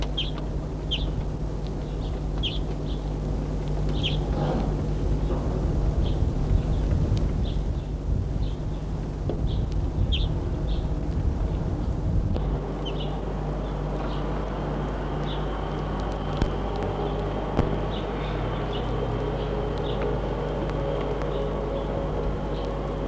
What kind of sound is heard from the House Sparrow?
call